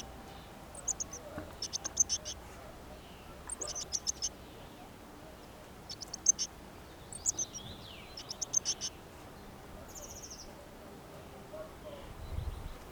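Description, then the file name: Eurasian blue tit: short bursts of thin, very high notes every couple of seconds, over a steady background hiss. "Cyanistes caeruleus"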